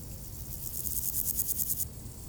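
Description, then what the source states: Grasshopper giving a single short pulsed buzz of about a second, high and rattling, over soft low rumble. Recorded beside the D633 road at Aveize, France, with cars passing; Sony PCM-M10 recorder, Luhd AB microphone position.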